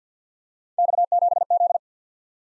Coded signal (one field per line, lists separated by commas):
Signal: Morse code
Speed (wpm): 52 wpm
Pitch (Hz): 700 Hz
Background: none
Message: X7Z